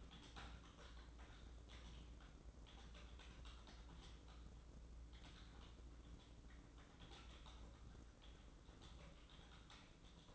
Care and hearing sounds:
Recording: daily activity, microphone in the room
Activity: typing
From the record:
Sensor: 3

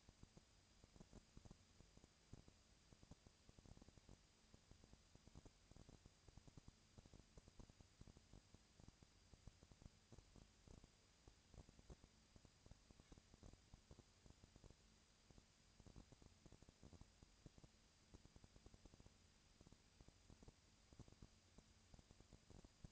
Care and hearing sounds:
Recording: daily activity, microphone in the room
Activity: no activity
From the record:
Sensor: 2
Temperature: 20.3 degrees Celsius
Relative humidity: 37.0%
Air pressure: 998.7 hPa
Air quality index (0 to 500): 236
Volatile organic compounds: 38 ppm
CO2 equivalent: 3114 ppm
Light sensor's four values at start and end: 2/3/2/2 and 2/3/2/2

